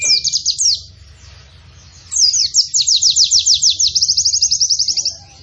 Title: Pleci Gacor. Pleci Nembak Panjang Istimewa Full Kenarian